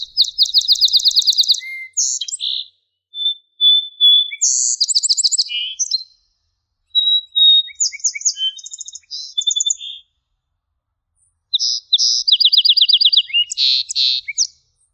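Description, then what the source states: Song sparrow singing several varied songs of clear notes, rapid trills and chatters, with short pauses between songs. A singing male song sparrow from North America; each male has his own repertoire and style, showing individual distinctiveness.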